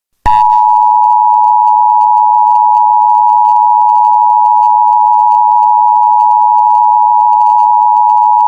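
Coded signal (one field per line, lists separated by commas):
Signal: Emergency Alert System (SAME) tones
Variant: 853 and 960 Hz attention tone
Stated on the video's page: Joke EAS alert, not real.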